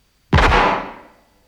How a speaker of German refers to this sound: Ein Schuss ist gefallen? Aufgeregt, Herr Hörspielregisseur? Wieso ein Schuss, Herr Autor? Als Ines gesprochen hatte, hielt Pedro eine Waffe in den Händen. Eine Waffe? Die er in der halboffenen Tischschublade gesehen hatte.